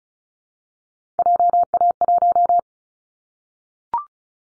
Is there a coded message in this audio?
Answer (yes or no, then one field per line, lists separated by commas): yes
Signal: Morse code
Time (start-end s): 1.2-2.6 s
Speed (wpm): 36 wpm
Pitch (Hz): 700 Hz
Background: none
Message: JA1